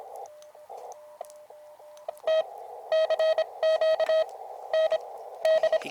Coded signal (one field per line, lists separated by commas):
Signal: Morse code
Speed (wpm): 25 wpm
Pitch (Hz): 640 Hz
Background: radio noise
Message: T CQ N D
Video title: Ham Radio Outdoor CW Ops ~ Horned Owl @ Oklahoma Ranch